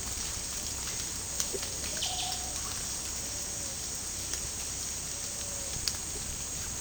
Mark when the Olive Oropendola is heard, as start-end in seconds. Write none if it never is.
1.94-2.76